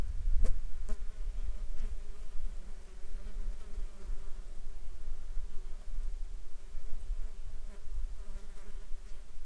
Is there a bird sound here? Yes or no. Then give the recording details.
no. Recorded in the Arctic National Wildlife Refuge, Alaska, on 21 June 2019 at 10:55. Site 33